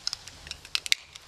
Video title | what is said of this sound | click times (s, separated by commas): AEROLIZER | Draai het mondstuk dicht in de richting van de pijl tot je een klik hoort | 0.9 s